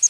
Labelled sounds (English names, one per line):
Palm Warbler flight call